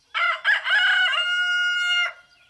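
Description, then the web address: Rooster crowing once: choppy, raspy opening notes lead into a long level tone held for about a second. "BIRD NOTE. Which Rooster Crows First"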